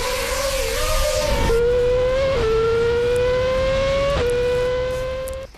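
A loud, high-pitched engine whine from Max Verstappen's Formula 1 car climbs steadily and drops sharply at three gear shifts, with a rushing, hissy roar at the start from the world's fastest drone.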